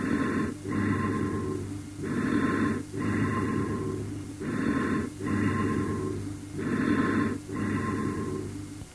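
Four breath cycles at about 26 a minute, each with a brief silent gap between inspiration and a long expiration. A low-pitched, hollow breath sound carries steady high-pitched, ringing, echo-like overtones. These are amphoric bronchial breath sounds in an adult chest, heard over a large smooth-walled cavity or a communicating hydropneumothorax.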